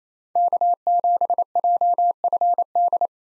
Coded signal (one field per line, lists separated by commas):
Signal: Morse code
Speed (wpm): 28 wpm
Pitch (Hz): 700 Hz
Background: none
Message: K7JFD